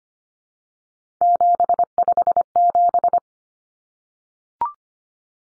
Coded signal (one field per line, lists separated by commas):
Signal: Morse code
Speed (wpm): 25 wpm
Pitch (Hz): 700 Hz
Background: none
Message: 757